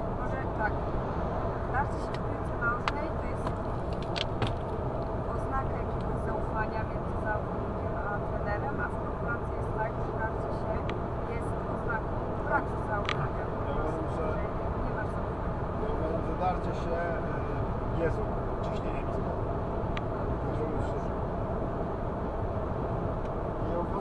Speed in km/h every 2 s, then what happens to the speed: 112, 113, 113, 114, 115, 115, 115, 116, 116, 111, 111, 110.
0-16 steady at about 115. 16-24 slows to 110.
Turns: none.